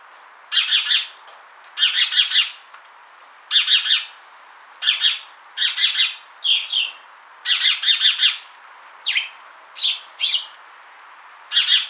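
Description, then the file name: House sparrow calling with loud, rapid clusters of chirps, some bursts of four or five, plus a few shorter slurred single notes toward the end. "Passer domesticus"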